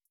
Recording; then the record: hydrophone in a shrimp aquaculture tank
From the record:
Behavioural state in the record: starved